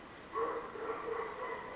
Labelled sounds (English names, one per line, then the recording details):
Brown Creeper
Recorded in Sonoma County, California